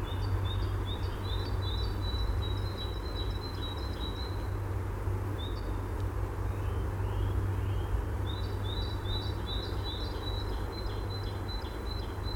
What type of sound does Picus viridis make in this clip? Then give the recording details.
call. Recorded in the wild. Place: Schorfheide, Brandenburg, DE. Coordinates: 52.907, 13.531. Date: 1990-02-18. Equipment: Nagra III BH, Sennheiser MD 21, parabola. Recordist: Schubert, Michael. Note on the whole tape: Rufe Grünspecht